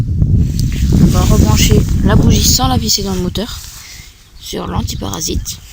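Someone talks while handling the suppressor cap (spark plug boot) to reconnect it onto the terminal of a cleaned spark plug on a small engine, to test for a spark. Two brief sharp ticks are heard near 0.2 s and 0.6 s over steady background noise. Nothing has seated or clicked yet.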